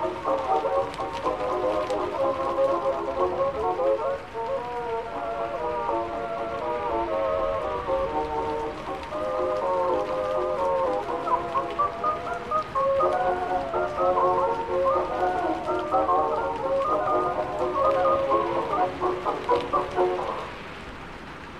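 Oldies music plays muffled in another room over a steady hiss of rain, the tune running continuously until it cuts off near the end.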